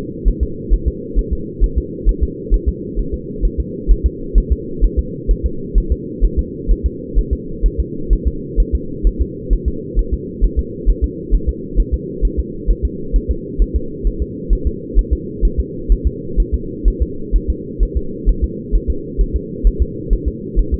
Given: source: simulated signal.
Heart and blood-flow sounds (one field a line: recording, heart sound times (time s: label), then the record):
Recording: fetal heart sounds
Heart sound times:
0.28 s: S1
0.43 s: S2
0.73 s: S1
0.88 s: S2
1.19 s: S1
1.33 s: S2
1.64 s: S1
1.78 s: S2
2.09 s: S1
2.23 s: S2
2.54 s: S1
2.69 s: S2
2.99 s: S1
3.14 s: S2
3.45 s: S1
3.60 s: S2
3.91 s: S1
4.06 s: S2
4.38 s: S1
4.52 s: S2
4.84 s: S1
4.99 s: S2
5.31 s: S1
5.46 s: S2
5.78 s: S1
5.92 s: S2
6.25 s: S1
6.39 s: S2
6.72 s: S1
6.86 s: S2
7.19 s: S1
7.33 s: S2
7.66 s: S1
7.80 s: S2
8.13 s: S1
8.27 s: S2
8.60 s: S1
8.75 s: S2
9.07 s: S1
9.21 s: S2
9.53 s: S1
9.68 s: S2
9.99 s: S1
10.13 s: S2
10.44 s: S1
10.59 s: S2
10.89 s: S1
11.04 s: S2
11.34 s: S1
11.49 s: S2
11.80 s: S1
11.94 s: S2
12.25 s: S1
12.39 s: S2
12.70 s: S1
12.85 s: S2
13.16 s: S1
13.31 s: S2
13.62 s: S1
13.76 s: S2
14.07 s: S1
14.22 s: S2
14.53 s: S1
14.67 s: S2
14.99 s: S1
15.13 s: S2
15.45 s: S1
15.60 s: S2
15.92 s: S1
16.07 s: S2
16.40 s: S1
16.54 s: S2
16.88 s: S1
17.02 s: S2
17.36 s: S1
17.50 s: S2
17.83 s: S1
17.97 s: S2
18.29 s: S1
18.44 s: S2
18.75 s: S1
18.90 s: S2
19.21 s: S1
19.36 s: S2
19.67 s: S1
19.82 s: S2
20.13 s: S1
20.28 s: S2
20.59 s: S1
20.74 s: S2
From the record:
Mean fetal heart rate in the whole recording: 130 bpm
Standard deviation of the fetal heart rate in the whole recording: 2 bpm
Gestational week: 36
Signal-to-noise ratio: -4.3 dB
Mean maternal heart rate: 72 bpm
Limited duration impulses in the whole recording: absent